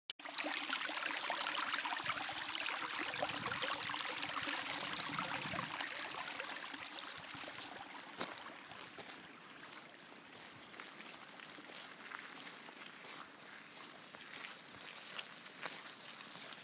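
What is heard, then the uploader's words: Snowmelt trickles and drips in a dense, steady hiss, loudest in the first six seconds with low rumbling, then slightly softer with scattered bright drips. The sound of spring.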